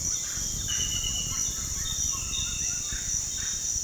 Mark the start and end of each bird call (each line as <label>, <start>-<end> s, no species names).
bird call, 0.80-3.63 s